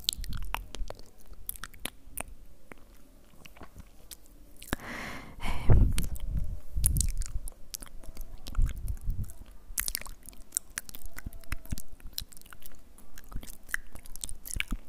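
Mouth sounds, mostly wet chewing and biting, come as quick clicks and crunches scattered across the whole stretch. A thicker, louder burst of crunching and smacking rises from about five to seven seconds, then the pace settles back to irregular clicks with low thumps underneath.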